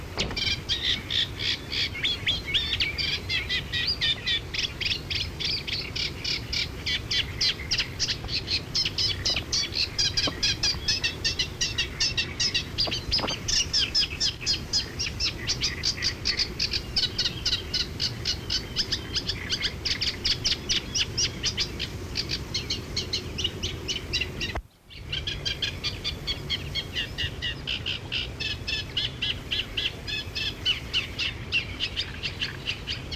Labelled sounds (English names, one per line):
Eurasian Reed Warbler song